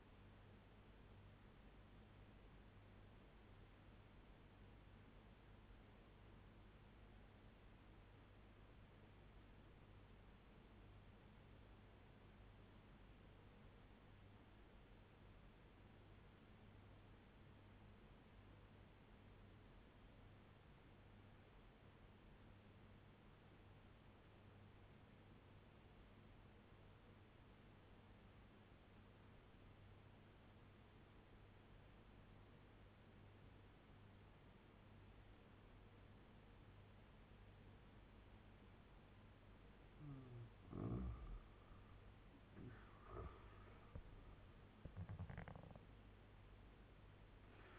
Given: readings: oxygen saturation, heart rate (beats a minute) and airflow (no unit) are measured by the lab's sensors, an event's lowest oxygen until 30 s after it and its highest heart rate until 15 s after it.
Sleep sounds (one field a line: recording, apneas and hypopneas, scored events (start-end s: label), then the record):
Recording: breathing in sleep by a voice recorder at the bedside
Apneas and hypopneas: 1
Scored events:
9.00-37.90 s: obstructive apnea (N2, oxygen 96% highest, then 85% lowest, heart rate 75 at the start, 89 highest)
46.00-47.78 s: new sleep stage, N1 (lightest sleep)
From the record:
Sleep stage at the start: N2 (light sleep)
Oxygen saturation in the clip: 88 to 97%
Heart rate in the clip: 72 to 89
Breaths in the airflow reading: 3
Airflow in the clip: -7.8 to 11.8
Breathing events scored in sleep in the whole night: 201 in 6.5 hours asleep